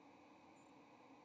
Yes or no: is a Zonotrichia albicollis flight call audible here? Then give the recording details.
yes. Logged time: 07:27 on 30 October 2014